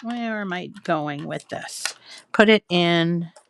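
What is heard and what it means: A removable two-piece plastic insert from the cutting machine's accessory holder is flipped over and handled toward its slot in the storage cup. Someone talks throughout, with faint soft handling noises between the words. Nothing has seated or clicked yet; the clip ends just before the part goes home.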